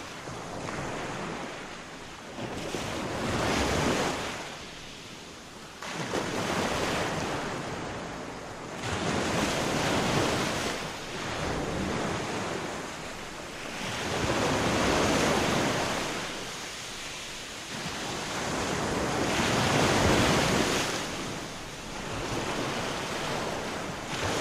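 Gentle waves wash onto a beach in a slow, regular rhythm, each swell rising and fading about every four to five seconds. The hiss of water fills the background between surges, with a soft rush of wind blowing across the shore.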